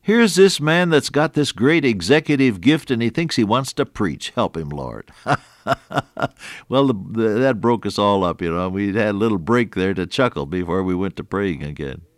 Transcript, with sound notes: here’s this man that’s got this great executive gift and he thinks he wants to preach. Help him, Lord.” [chuckle] Well, that broke us all up. We had a little break there to chuckle before we went to praying again.